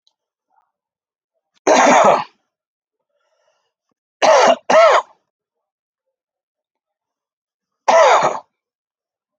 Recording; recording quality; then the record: heavy voluntary cough; excellent, no background noise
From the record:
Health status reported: healthy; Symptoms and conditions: none ticked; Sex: male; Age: 41 years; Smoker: not ticked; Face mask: not worn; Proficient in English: yes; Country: India